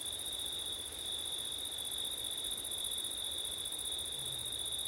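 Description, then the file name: Crickets produce a steady, piercing trill without breaks, accompanied by a soft breathy wind sound. Crickets on a windy September night; ORTF stereo. "crickets wind september night ortif"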